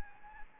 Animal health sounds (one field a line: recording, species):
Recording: mosquito wingbeat signal from an infrared sensor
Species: Anopheles gambiae